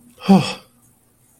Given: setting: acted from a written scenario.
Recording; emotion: vocal sound without words; romantic love